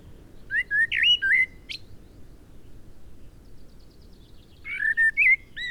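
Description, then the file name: Eurasian blackbird song: two short mellow whistled phrases with fluty warbles near the start and end, separated by a few seconds of quiet. "Turdus merula"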